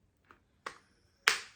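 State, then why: Seated. A face powder pan is placed into its Christian Louboutin Teint Fetiche La Poudre compact case, and the non-magnetic lid is pressed down onto the case base. A faint tap at 0.3 s and a sharper tick at 0.7 s come before the loudest, bright snap at 1.3 s. At 1.3 s the case clicks shut, closed by the click alone rather than a magnet.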